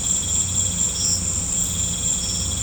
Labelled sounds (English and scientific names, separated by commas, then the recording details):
none
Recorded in pastures near Puerto Asís, Putumayo, Colombia, on 18 December 2024 at 18:30
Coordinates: 0.505, -76.324
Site G063